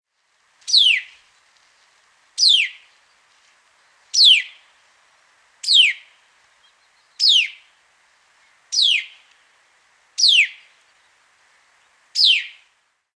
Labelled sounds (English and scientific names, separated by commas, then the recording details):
White-browed Laughingthrush (Garrulax sannio)
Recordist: Tembrock, Günter
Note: Lautfolgen